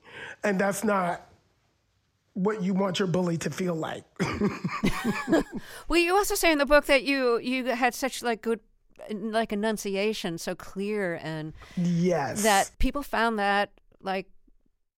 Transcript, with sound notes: And that's not what you want your bully to feel like (laughter).
Well, you also say in the book that you had such, like, good, like, enunciation, so clear and...
Yes.
...That people found that, like...